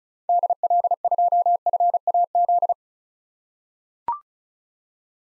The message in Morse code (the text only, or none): DL2FAZ